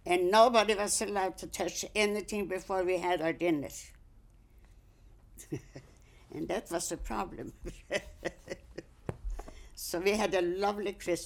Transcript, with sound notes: And nobody was allowed to touch anything before we had our dinners. ( she laughs ) And that was the problem. ( she laughs ) So we had a lovely Christmas.